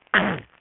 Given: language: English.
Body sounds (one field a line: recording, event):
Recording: throat vibration sensor signal played as sound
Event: throat clearing